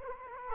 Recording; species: mosquito wingbeat signal from an infrared sensor; Culex quinquefasciatus